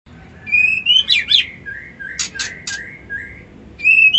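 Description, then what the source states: White-eye: small songbird twittering: thin whistled trills and slurs interrupted by a few sharp clicking sounds, then a brief high whistled note at the end. Song style called ngerol ngalas.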